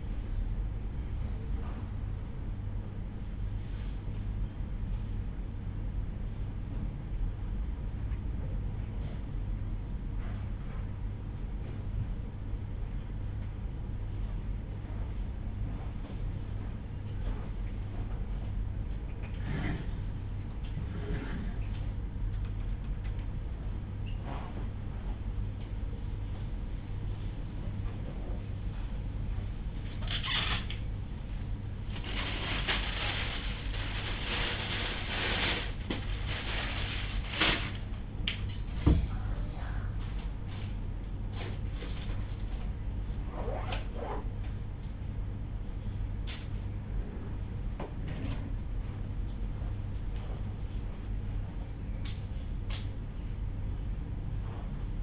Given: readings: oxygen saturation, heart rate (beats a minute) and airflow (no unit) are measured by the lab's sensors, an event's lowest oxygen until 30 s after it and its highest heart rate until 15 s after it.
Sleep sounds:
a person awake in a sleep study, by a smartphone at the bedside; none
0.00-55.03 s: awake
From the record:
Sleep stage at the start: awake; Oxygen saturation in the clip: 94 to 95%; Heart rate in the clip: 60 to 64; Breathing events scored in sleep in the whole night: 305 in 9.6 hours asleep

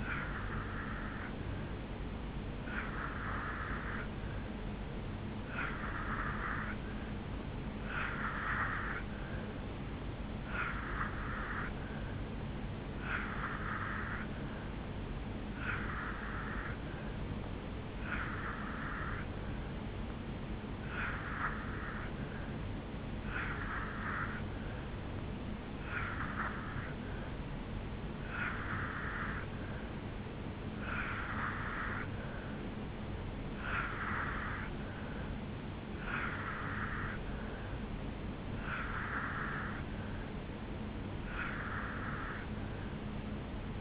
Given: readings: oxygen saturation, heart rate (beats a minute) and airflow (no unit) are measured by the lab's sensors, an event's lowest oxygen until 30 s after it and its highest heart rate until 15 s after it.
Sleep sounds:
breathing in sleep by a voice recorder at the bedside; none
3.00-33.00 s: new sleep stage, N3 (deep sleep)
33.00-43.81 s: new sleep stage, N2 (light sleep)
From the record:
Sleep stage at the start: N2 (light sleep); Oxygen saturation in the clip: 84 to 87%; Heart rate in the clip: 73 to 76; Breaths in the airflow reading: 14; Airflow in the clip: -0.7 to 0.6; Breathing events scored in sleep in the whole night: 449 in 7.0 hours asleep

